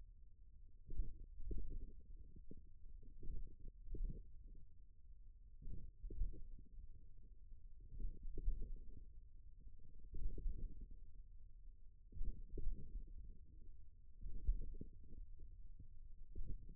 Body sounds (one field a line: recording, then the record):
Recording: forearm muscle sounds (acoustic myography)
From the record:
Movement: index flexion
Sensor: system 1, eight BSWA MPA416 microphones around the upper forearm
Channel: 6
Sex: male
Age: 41 years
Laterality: right